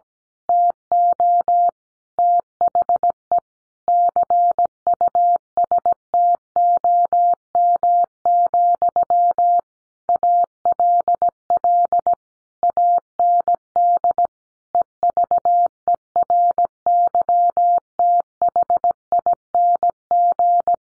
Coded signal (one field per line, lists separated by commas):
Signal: Morse code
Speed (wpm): 17 wpm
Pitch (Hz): 700 Hz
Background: none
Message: TO THE CUSTOM, ALL AND EVERYTHING